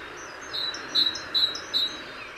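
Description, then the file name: Great tit calls: four high, even notes spaced roughly half a second apart over a steady background hiss. "Parus major"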